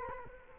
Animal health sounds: mosquito wingbeat signal from an infrared sensor; Culex quinquefasciatus

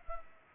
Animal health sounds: mosquito wingbeat signal from an infrared sensor; Culex pipiens

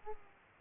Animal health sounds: mosquito wingbeat signal from an infrared sensor; Aedes aegypti

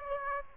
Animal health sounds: mosquito wingbeat signal from an infrared sensor; Aedes aegypti

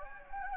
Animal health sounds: mosquito wingbeat signal from an infrared sensor; Anopheles gambiae

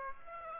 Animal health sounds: mosquito wingbeat signal from an infrared sensor; Aedes aegypti

